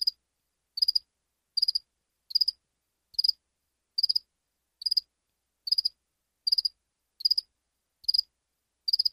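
Cricket giving clipped, high-pitched chirps, each a quick burst of several pulses, recurring evenly about once every 0.8 seconds against silence.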